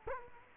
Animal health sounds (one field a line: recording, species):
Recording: mosquito wingbeat signal from an infrared sensor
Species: Culex quinquefasciatus